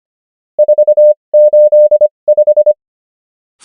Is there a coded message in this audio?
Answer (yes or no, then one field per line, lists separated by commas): yes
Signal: Morse code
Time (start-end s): 0.6-2.7 s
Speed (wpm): 25 wpm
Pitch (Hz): 600 Hz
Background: none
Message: 485